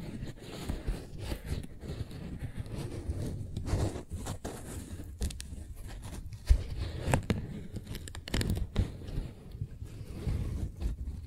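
Tingly flower sounds: soft, dense rustling and crinkling of petals and stems, with quick scraping brushes and light tapping throughout. Short brighter crackles break through every second or so, the sharpest near the middle, over a low, steady rumble underneath.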